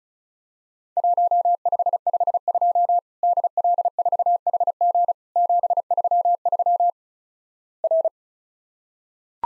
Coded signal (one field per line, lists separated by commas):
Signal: Morse code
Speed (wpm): 36 wpm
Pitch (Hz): 700 Hz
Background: none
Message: 1552 DL4HG 733 R